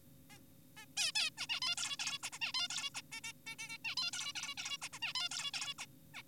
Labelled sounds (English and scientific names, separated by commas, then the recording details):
Zebra Finch (Taeniopygia guttata)
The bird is an adult
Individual g4p5U